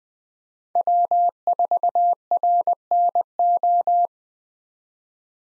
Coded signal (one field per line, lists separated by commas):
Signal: Morse code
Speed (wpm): 20 wpm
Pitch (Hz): 700 Hz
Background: none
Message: W4RNO